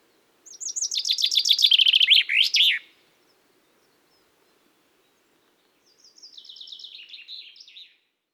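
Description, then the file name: Common chaffinch song: a loud, fast trill of high notes falling in steps and ending in a sharp flourish, then a second, softer, shorter phrase a few seconds later. "Fringilla coelebs"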